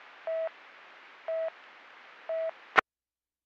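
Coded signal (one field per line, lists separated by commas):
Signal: none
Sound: police radio channel beeps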